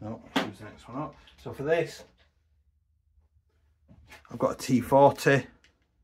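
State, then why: Not seated. Someone talks while handling the gearbox retaining lock (locking lug) inside the receiver of a Specna Arms Core SA-J71 AK-74M airsoft rifle, readying a T40 bit to turn it. Between about 2.2 and 3.9 s there is a quiet pause with only faint handling sounds, and the talk resumes until near the end. Nothing has seated or clicked into place yet.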